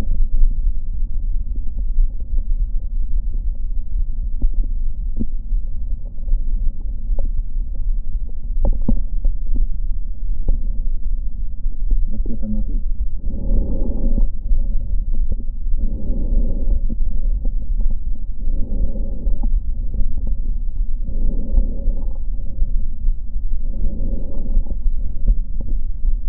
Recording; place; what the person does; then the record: lung sounds by stethoscope; right posterior basal chest; quiet breathing, then deep breathing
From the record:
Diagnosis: none (healthy); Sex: male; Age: 29 years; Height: 180 cm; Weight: 100 kg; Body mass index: 30.9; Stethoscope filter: diaphragm mode